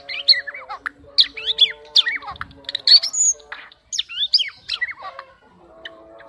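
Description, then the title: Oriental magpie-robin song: a jumble of varied squeaky, slurred notes and harsher chirps in uneven bursts, with a brief low rumble midway. "kacer"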